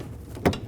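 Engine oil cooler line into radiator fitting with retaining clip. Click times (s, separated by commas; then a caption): 0.5 s. On a 1994-2004 Chevy S-10, an engine oil cooler line end, with its rubber protector removed, is lined up with its hole and pushed toward the radiator fitting until its metal retaining clip snaps into the groove. A sharp click sounds at 0.5 s (0.46 s), followed by a fainter tick at 0.5 s (0.53 s), over a low background hum. The line is seated, with the clip sitting in the grooves and holding it.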